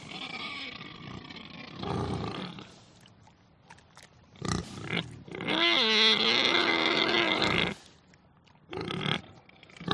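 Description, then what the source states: Pigs squealing, including one long, strained squeal lasting about two seconds, with grunts before and after. Agitated, crazed pigs.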